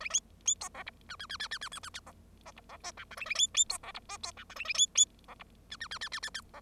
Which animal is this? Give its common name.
Bengalese Finch